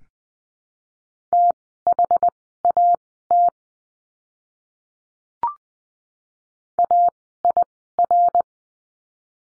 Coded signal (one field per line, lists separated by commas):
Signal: Morse code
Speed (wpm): 20 wpm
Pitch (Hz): 700 Hz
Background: none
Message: THAT AIR